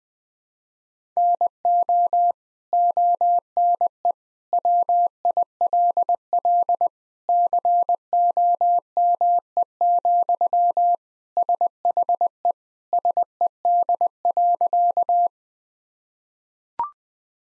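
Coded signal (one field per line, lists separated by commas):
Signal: Morse code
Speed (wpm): 20 wpm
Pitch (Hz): 700 Hz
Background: none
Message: NO ONE WILL COME, SHE SED.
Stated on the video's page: Morse drill at 20 wpm of sentences from the top 100 words and abbreviations, each sentence sent, spoken, then sent again.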